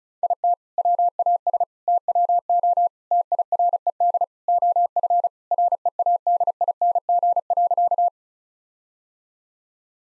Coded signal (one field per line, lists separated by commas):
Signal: Morse code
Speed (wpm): 36 wpm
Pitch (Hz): 700 Hz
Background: none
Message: IT WAS TWO TIRED OF READING.